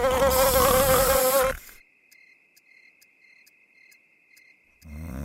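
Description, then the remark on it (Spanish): A loud, wavering buzz of flies and mosquitoes drones for about a second and a half, then cuts to a thin, steady high whine with faint regular ticks before another noisy burst starts at the end. “Raid doble acción. Mata moscas y zancudos.”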